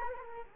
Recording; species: mosquito wingbeat signal from an infrared sensor; Culex quinquefasciatus